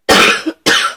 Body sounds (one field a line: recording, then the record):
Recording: coughing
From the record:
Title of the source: 64 coughing, allergies, singing lungs